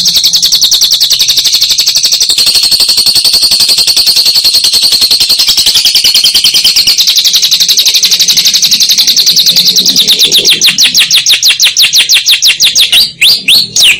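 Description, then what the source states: Lovebird song: a sustained, very rapid high trill of buzzy notes that breaks into separate, sharper chirps toward the end. Lovebird song as a model for training songbirds (masteran).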